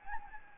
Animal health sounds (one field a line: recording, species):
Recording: mosquito wingbeat signal from an infrared sensor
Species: Anopheles gambiae